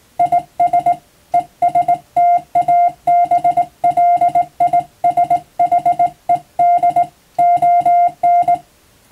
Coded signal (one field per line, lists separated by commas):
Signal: Morse code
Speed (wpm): 20 wpm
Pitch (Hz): 700 Hz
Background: music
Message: IS ESTABLISHED ON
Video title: 無線通信士の国家試験の練習風景です。電鍵を操作する電気通信術の実技試験もあります。アマチュア無線ハムの受信練習にもどうぞ(morse code practice radio operator )